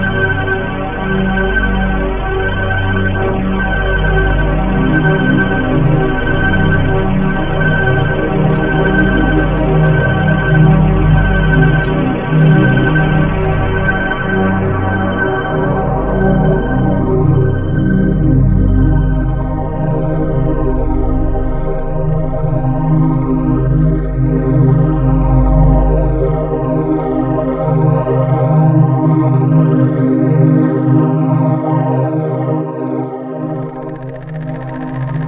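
A synthetic tone generator built from bitmap images plays a dense, buzzing stack of steady pitches with a fast pulsing flutter. Around seventeen seconds the upper tones thin and begin sweeping in criss-crossing glides, while a low throbbing hum continues to the end.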